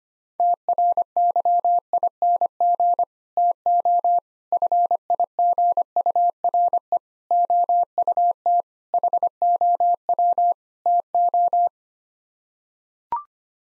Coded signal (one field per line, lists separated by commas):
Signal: Morse code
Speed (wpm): 25 wpm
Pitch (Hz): 700 Hz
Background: none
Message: TRYING TO FIGURE OUT HOW TO